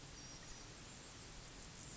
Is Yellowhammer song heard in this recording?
no